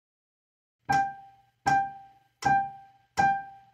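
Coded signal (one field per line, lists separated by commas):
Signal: none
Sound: piano music notes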